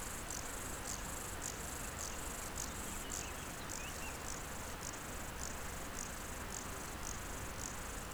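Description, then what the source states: Bow-winged grasshopper producing crisp, high buzzy chirps roughly every half second without pause, over a low continuous hum. Recorded beside the Nant Fourchu road in a meadow near the Chéran river, École, France; several singing grasshoppers.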